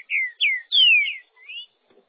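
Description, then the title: Green-winged saltator song: a short phrase of a few clear, falling whistled notes, ending with a softer rising whistle. "Trinca Ferro"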